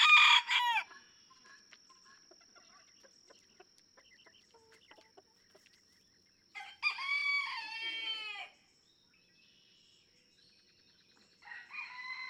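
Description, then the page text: Red junglefowl (chicken): rooster crows: one ends at the start, a second full crow follows midway, and a third begins near the end, with faint clucks and ticks between. Several domestic roosters (chickens) in a barnyard, each crowing differently, just outside Mammoth Cave National Park, Kentucky, USA, June 2, 2010; illustrates that each individual has its own song. "Birdsong for the Curious Naturalist Red junglefowl (chicken) No two roosters crow alike in this Kentucky barnyard. June 2, 2010. Just outside Mammoth Cave National Park, Kentucky."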